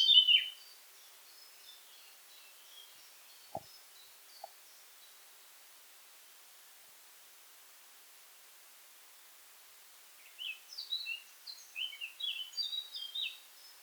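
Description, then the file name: Eurasian blackcap giving short scratchy, chirping phrases at the start and again near the end, with a long quiet gap between and two faint ticks. "Sylvia atricapilla"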